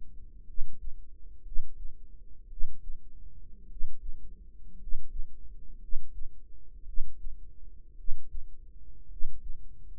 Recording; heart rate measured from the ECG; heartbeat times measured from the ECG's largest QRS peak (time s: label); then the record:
heart sounds by microphone in the right ear; 56 bpm
0.43 s: heartbeat
1.41 s: heartbeat
2.46 s: heartbeat
3.66 s: heartbeat
4.76 s: heartbeat
5.77 s: heartbeat
6.83 s: heartbeat
7.94 s: heartbeat
9.06 s: heartbeat
From the record:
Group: healthy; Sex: male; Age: 25 years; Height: 170 cm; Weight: 70.4 kg